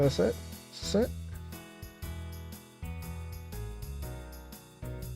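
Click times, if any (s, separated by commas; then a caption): none. During reassembly of a smartphone after a battery replacement, an internal part, likely a connector or clip, is pressed into place while someone talks over steady background music. A faint short sound comes at about 4.5 s, but it is not the seating click, and the part has not clicked home yet.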